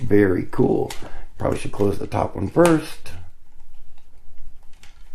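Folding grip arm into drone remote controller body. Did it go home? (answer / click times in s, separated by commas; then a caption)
yes / 4.8 s. Someone talks, then folds the plastic phone-grip arm of a loolinn Z6 PRO drone remote controller back closed into the controller body. A few small, soft clicks and ticks follow in the quiet. The grip stick clicks back into place at 4.8 s.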